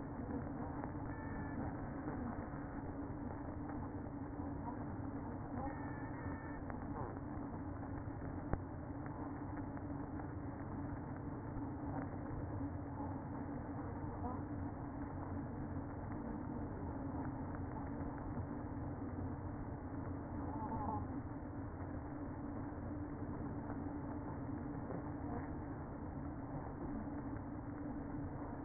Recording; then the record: honeybee colony, microphone inside the hive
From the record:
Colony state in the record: queen present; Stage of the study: after two queens were removed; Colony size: about 60,000 bees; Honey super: yes